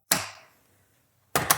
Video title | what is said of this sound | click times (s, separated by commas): FREEslim flap - Mounting with Daniel - Screwed on with pre-drilling | again, aligning it with the mounting points and letting the lever arm lock into place. | 0.1 s, 1.4 s